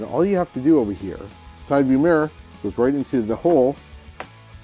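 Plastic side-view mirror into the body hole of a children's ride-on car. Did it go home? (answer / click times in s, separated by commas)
yes / 4.2 s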